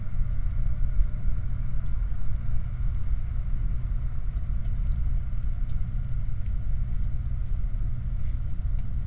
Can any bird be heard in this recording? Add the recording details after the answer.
no. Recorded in the Prudhoe Bay oil fields, Alaska, on 15 July 2019 at 01:04. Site 29